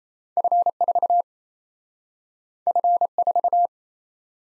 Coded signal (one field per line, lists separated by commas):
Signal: Morse code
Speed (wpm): 38 wpm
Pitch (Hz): 700 Hz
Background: none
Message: F4 F4